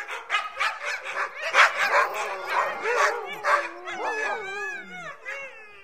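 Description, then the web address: Dogs barking in a rapid overlapping chorus, turning into several quavering howls that rise and fall toward the end. A pack of dogs, barking and howling together. "aboiement et hurlement dune meute de chiens"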